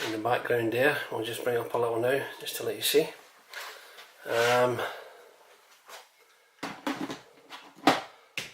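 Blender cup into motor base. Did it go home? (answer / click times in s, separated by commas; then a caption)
yes / 8.4 s. A Nutri Ninja Auto IQ blender cup is dropped into the motor base and turned until it locks. Someone talks over the first half, then come handling knocks around 6.6–7.9 s. The cup seats with a sharp click at 8.4 s.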